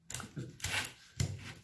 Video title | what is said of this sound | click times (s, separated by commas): RTI Prophet II 5 5mm Reassembly and test Part 2 | like that so you can feel this has a positive click right here and locks into place | 1.2 s